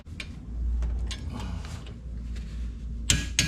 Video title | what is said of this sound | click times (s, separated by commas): Part 1 of 2 - Porsche 911 FRONT Brake Upgrade DIY GiroDisc Rotors Caliper Studs Ferodo Pads & More | There's the click. | 3.1 s, 3.4 s